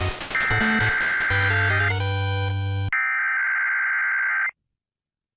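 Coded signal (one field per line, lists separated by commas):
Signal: Emergency Alert System (SAME) tones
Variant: header bursts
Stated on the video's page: Final AM/FM test alerts of 2023, captured off a broadcast radio station.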